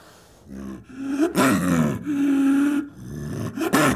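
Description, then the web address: Leopard giving drawn-out moaning calls, one long steady tone in the middle, flanked by harsher, rougher bursts. "big cats|leopards"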